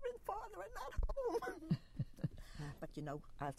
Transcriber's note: chuckles